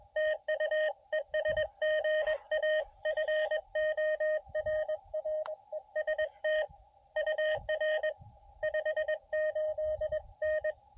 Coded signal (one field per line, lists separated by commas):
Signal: Morse code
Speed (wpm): 24 wpm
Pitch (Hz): 590 Hz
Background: radio noise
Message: TU ES GA FORREST UR 58N